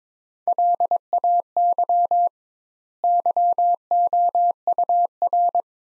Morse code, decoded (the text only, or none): LAY YOUR